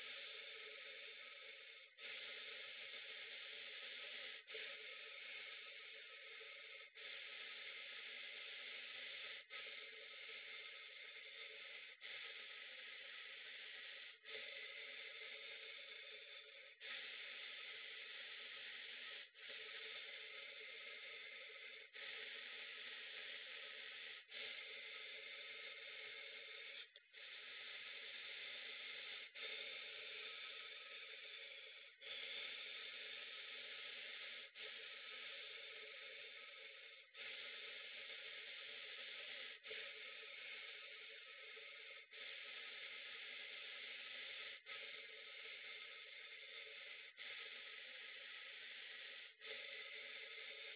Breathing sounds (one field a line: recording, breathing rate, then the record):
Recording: paced breathing near a phone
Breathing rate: 12 breaths a minute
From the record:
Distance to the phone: 40 cm